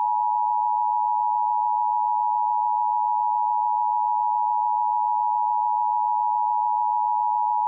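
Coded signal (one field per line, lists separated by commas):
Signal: Emergency Alert System (SAME) tones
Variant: 853 and 960 Hz attention tone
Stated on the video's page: Fictional meme EAS scenario about bad drivers, using valid SAME tones.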